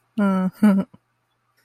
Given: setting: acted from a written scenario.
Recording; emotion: vocal sound without words; romantic love